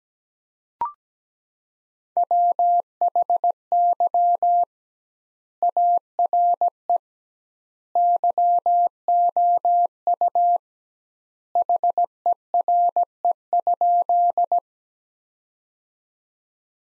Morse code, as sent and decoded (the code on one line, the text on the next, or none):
.-- .... -.-- / .- .-. . / -.-- --- ..- / .... . .-. . ..--..
WHY ARE YOU HERE?